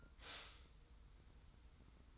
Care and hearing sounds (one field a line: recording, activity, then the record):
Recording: daily activity, microphone in the room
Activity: stop toaster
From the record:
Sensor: 3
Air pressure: 990.6 hPa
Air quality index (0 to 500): 157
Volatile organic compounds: 715 ppm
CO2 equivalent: 5056 ppm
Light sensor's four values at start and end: 40/96/39/37 and 40/96/39/37